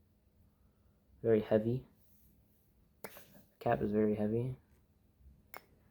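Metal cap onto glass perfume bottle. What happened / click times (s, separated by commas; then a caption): The cap is handled but not yet seated on the bottle / none. A heavy metal perfume cap is handled near a glass perfume bottle while someone talks, with brief sharp sounds at about 3.1 s and 5.6 s. The cap has not yet seated or clicked onto the bottle.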